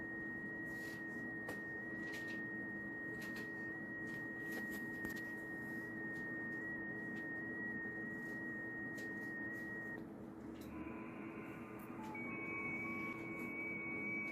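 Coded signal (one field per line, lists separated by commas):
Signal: FT8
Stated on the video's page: Signals heard on 14 MHz with a homemade rotary dipole, including contacts with Asian and American stations.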